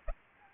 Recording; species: mosquito wingbeat signal from an infrared sensor; Anopheles arabiensis